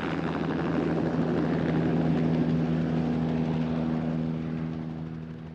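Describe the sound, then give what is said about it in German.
A helicopter flies steadily overhead, its rotor producing a loud, throbbing drone with a low hum that slowly fades toward the end. No one speaks. “Durch geländegängige Fahrzeuge, durch Hubschrauber.”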